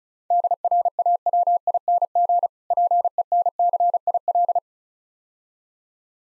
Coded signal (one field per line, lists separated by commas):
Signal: Morse code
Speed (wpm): 36 wpm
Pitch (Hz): 700 Hz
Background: none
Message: DRAWING PENCIL